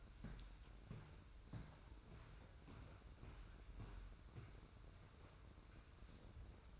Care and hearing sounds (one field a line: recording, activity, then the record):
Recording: daily activity, microphone in the room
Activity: walk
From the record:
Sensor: 2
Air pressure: 990.6 hPa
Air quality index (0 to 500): 181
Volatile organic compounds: 1000 ppm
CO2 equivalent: 5752 ppm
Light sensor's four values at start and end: 26/62/25/25 and 26/61/25/25